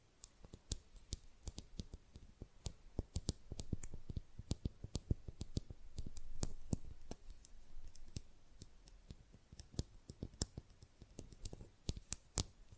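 Fingernails tap out a quick, uneven stream of sharp, bright clicks for the whole stretch, some louder and some soft. Scratchy rasps of nail filing swell in around four seconds and again near six to seven seconds, then fade back under the tapping.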